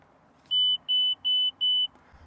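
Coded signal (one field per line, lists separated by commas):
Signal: beep code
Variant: Beat-Sonic bypass module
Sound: four short evenly spaced high beeps, about a quarter second each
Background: car cabin rumble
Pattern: 4 short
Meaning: Four beeps confirm the bypass has been disengaged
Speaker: you press 4 times one more time, and then that disengages it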